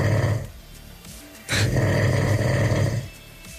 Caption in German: Das außergewöhnlichste Schnarchen Brandenburgs.